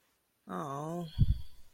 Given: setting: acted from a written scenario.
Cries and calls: vocal sound without words; shame

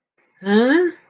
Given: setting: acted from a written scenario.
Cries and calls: vocal sound without words; confusion

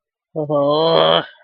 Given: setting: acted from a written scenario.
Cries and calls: vocal sound without words; sadness

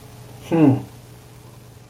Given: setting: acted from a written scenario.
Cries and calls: vocal sound without words; pride

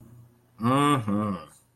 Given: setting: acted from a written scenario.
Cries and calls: vocal sound without words; serenity

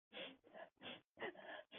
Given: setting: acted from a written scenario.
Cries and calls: vocal sound without words; sadness

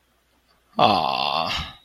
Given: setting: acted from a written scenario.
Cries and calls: vocal sound without words; sympathy

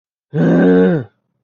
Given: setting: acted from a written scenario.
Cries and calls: vocal sound without words; anger

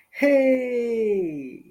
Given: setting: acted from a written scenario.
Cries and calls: vocal sound without words; elation

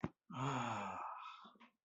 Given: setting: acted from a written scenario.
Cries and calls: vocal sound without words; ecstasy

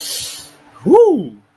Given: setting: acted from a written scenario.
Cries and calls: vocal sound without words; pride

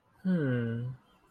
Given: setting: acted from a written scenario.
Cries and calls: vocal sound without words; romantic love

